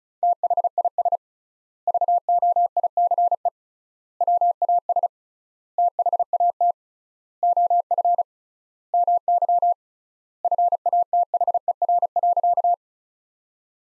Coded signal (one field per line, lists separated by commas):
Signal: Morse code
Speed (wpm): 34 wpm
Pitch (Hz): 700 Hz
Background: none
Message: THIS VOICE WAS THAT OF MY FATHER.